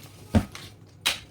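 The second section of an aluminium telescopic ladder is pulled out until its side locks in the ladder rail snap into place. A sharp click is heard at 0.3 s and a fainter one at 0.6 s, followed by another bright, broadband snap around 1.1 s. The ladder section is locked.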